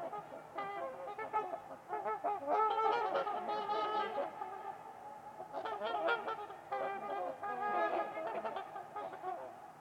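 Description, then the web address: Trumpeter swans in a steady overlapping chorus of honks, rising and falling in intensity with hardly a pause. Trumpeter swans on a winter's eve at Winters Lake in a deep valley. "Trumpeter Swans on a Winter's Eve. Nick-Mc Mahan Winters-Lake-with-Swan. Wind Is the Original Radio"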